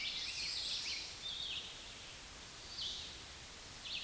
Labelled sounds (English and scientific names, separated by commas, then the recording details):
Red-eyed Vireo (Vireo olivaceus) song
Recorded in a Pennsylvania forest on 16 May 2024 at 09:07
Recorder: AudioMoth, point MSD-2146
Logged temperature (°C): 16.7 °C
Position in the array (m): 150 m, 28 m